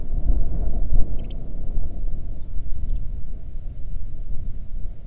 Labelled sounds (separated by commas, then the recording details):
songbird, wind
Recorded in the Prudhoe Bay oil fields, Alaska, on 31 July 2019 at 07:33
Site 24